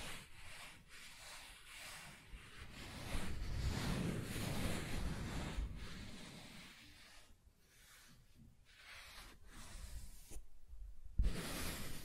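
Soft tracing across smooth and rough surfaces, a dry rubbing scrape that swells and fades in uneven strokes. The grainy friction is thickest around four seconds, thins with short pauses between seven and ten seconds, then returns in brighter bursts near the end.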